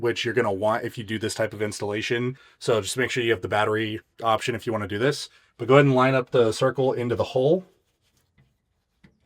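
A battery video doorbell is held with its round opening lined up over the post on its wall mounting plate, before being pressed in and pulled down to click-lock. Someone talks until about 7.6 s, then it goes quiet apart from two faint brief ticks near 8.2 s and 9.0 s. Nothing has seated or clicked yet.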